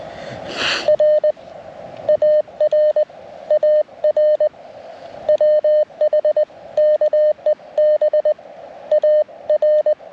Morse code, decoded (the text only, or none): R AR AR WH KEB AR